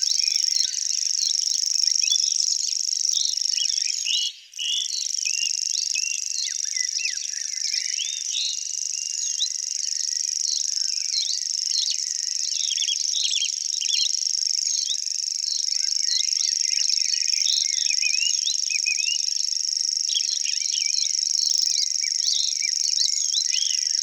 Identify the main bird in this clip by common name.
Common Grasshopper Warbler